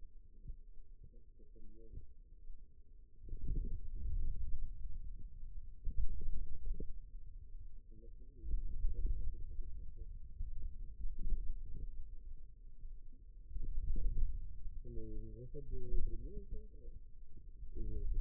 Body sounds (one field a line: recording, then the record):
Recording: forearm muscle sounds (acoustic myography)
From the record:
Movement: wrist flexion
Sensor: system 2, bracelet of six BSWA MPA416 microphones around the upper forearm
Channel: 3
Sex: male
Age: 22 years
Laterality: right